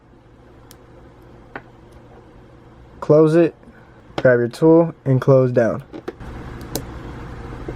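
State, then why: Seated. A plastic T-tap wire connector is placed over a car wire on a Miata and squeezed shut with pliers while someone talks, with a low steady hum underneath. A sharp click comes at 6.8 s as the connector closes, showing it is firmly seated in place.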